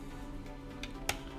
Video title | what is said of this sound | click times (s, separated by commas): This Cheap RC Crawler Is a TON OF FUN! WPL 1/16 Mini Semi Truck Hercules | There you go. You guys hear that snap? | 0.8 s, 1.1 s